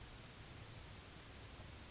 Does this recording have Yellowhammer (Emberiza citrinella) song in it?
no